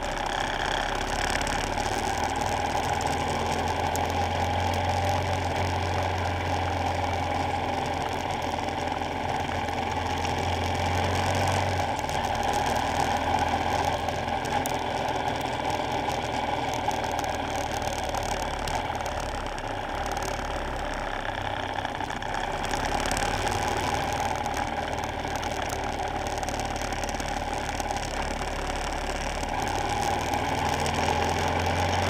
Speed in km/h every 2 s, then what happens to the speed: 34, 40, 39, 39, 40, 44, 47, 45, 40, 31, 31, 35, 32, 31, 34, 44.
0-2 speeds up to 40. 2-9 steady at about 39. 9-12 speeds up to 47. 12-18 slows to 31. 18-27 steady at about 31. 27-32 speeds up to 44.